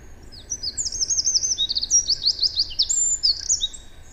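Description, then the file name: Eurasian wren song, a fast high-pitched cascade of rattling trills and sharp notes running almost unbroken for about three seconds. "Troglodytes troglodytes"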